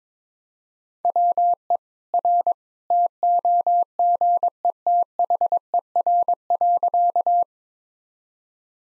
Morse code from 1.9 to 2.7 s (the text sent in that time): R